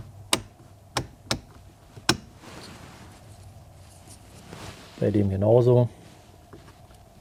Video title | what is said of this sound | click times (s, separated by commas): So wird die Beleuchtung der Mittelkonsole wieder neu aussehen. Mercedes W124. | Just press and they snap into place. | 0.3 s, 2.1 s